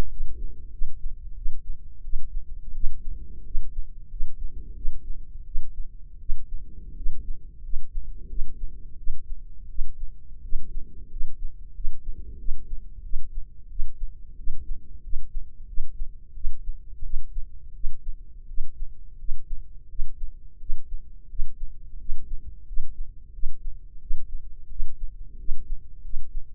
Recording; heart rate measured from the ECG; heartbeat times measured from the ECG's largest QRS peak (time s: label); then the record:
heart sounds by microphone in the left ear; 88 bpm
0.08 s: heartbeat
0.70 s: heartbeat
1.35 s: heartbeat
2.02 s: heartbeat
2.73 s: heartbeat
3.43 s: heartbeat
4.09 s: heartbeat
4.74 s: heartbeat
5.44 s: heartbeat
6.19 s: heartbeat
6.95 s: heartbeat
7.61 s: heartbeat
8.27 s: heartbeat
8.96 s: heartbeat
9.68 s: heartbeat
10.41 s: heartbeat
11.09 s: heartbeat
11.73 s: heartbeat
12.37 s: heartbeat
13.02 s: heartbeat
13.68 s: heartbeat
14.36 s: heartbeat
15.01 s: heartbeat
15.66 s: heartbeat
16.33 s: heartbeat
17.02 s: heartbeat
17.73 s: heartbeat
18.47 s: heartbeat
19.17 s: heartbeat
19.88 s: heartbeat
20.58 s: heartbeat
21.28 s: heartbeat
21.98 s: heartbeat
22.65 s: heartbeat
23.32 s: heartbeat
23.99 s: heartbeat
24.68 s: heartbeat
25.37 s: heartbeat
26.02 s: heartbeat
From the record:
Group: healthy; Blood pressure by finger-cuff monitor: 101/57 mmHg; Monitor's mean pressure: 70 mmHg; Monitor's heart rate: 87 bpm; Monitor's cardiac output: 7.7 L/min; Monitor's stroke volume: 87 mL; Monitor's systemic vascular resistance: 660 dyn s/cm5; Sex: female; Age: 22 years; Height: 157 cm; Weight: 47.6 kg